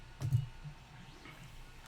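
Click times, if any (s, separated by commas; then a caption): none. A graphics card is handled as it is lined up with the case's rear panel and lowered toward the motherboard PCIe slot, where the slot's retaining clip will hold it. A few low, soft bumps of handling come around 0.2 to 0.4 seconds, followed by faint rustling and quiet background. Nothing has seated or clicked yet.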